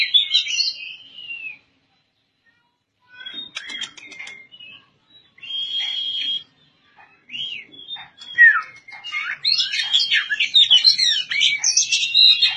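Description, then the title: Oriental magpie-robin song: varied clear whistles and slurred notes with short pauses, then a rapid, dense run of mixed whistles and chattering phrases toward the end. "Kacer"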